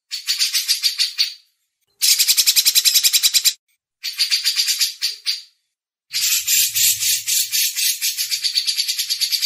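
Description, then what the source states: Grey-cheeked bulbul chattering song in four rapid, buzzy phrases of repeated pulsed notes, with silent breaks between phrases. Masteran recording, a training audio for cage birds.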